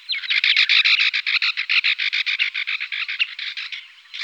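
Syrian woodpecker calls: a rapid run of harsh, scratchy notes lasting about four seconds.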